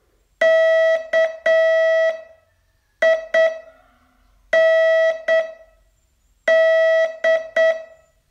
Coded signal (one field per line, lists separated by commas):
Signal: Morse code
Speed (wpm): 7 wpm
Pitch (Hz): 650 Hz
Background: none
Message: KIND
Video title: Learn Morse in 42 Days from VU2LAU - day 24 test